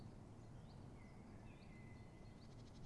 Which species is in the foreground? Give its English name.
Common Chiffchaff